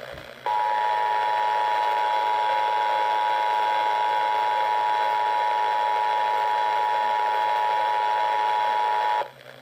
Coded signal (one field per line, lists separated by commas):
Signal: Emergency Alert System (SAME) tones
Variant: 853 and 960 Hz attention tone